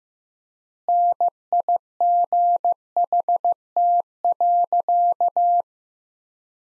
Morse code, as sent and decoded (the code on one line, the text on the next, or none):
-. .. --. .... - .-.-.-
NIGHT.